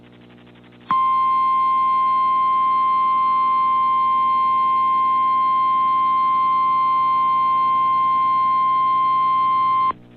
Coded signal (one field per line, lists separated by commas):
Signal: Emergency Alert System (SAME) tones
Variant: 1050 Hz attention tone